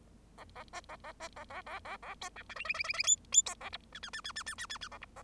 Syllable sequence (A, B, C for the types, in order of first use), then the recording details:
A A B A A B A A A A A C D E F F F F F G G C A H I I I I I I I I I A H A. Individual Bird0